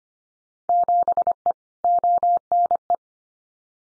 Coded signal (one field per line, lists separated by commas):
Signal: Morse code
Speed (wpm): 25 wpm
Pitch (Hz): 700 Hz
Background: none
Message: 7E ONE